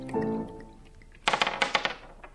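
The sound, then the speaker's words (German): A brief voiced murmur, then wine glugs into a glass in a quick series of bright, splashing pulses lasting about a second before trailing off. “Noch ein Glas Wein? Bitte.”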